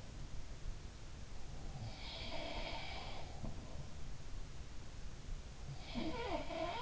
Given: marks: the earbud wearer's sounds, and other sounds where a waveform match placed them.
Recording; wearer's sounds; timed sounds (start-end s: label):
sounds in sleep by an in-ear microphone; breath
1.50-3.85 s: breath
1.79-3.58 s: sound from someone else or the room
5.93-6.82 s: sound from someone else or the room